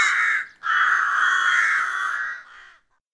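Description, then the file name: Rook harsh cawing calls, a short rasping note followed by a long drawn-out grating caw lasting about two seconds, then fading. "grach-golos onbird ru"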